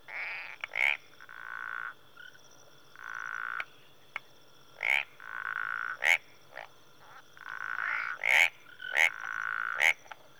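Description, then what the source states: Tree frogs calling: short sharp clicks and upslurred notes alternate with longer, steady nasal tones, in irregular bursts with quiet gaps between. Tree frogs in a marsh in Rwanda, early evening.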